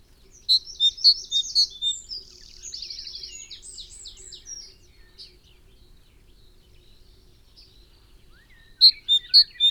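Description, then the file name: Great tit call series: a burst of bright repeated notes, then quieter mixed twittering, and another quick run of four ringing notes near the end. "Parus major"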